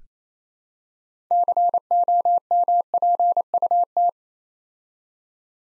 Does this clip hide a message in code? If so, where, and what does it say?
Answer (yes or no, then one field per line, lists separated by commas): yes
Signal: Morse code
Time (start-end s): 1.3-4.1 s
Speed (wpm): 29 wpm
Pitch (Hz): 700 Hz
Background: none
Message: COMPUT